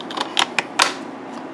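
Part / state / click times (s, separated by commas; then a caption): bath temperature controller onto its wall mounting bracket / seated / 0.6 s. A Rinnai tankless hot water bath temperature controller is pushed onto its wall mounting bracket until its plastic clips snap into place. Several short plastic clicks are heard, with louder ones around 0.4 s and 0.8 s and the sharpest snap at 0.6 s. The controller is seated on the bracket.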